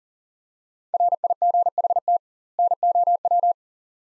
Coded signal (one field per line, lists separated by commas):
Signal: Morse code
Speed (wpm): 40 wpm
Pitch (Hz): 700 Hz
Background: none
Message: RIGHT NOW